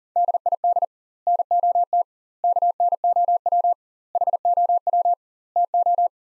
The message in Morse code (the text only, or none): DID NOT KNOW HOW TO